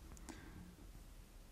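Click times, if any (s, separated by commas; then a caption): 0.2 s, 0.3 s. A small Fontenille Pataud XS laguiole-style pocket knife is opened, and its steel blade locks into the open position with the backlock mechanism. Two short, sharp metallic clicks are heard at 0.2 s and 0.3 s over a low background hum. The blade is locked open.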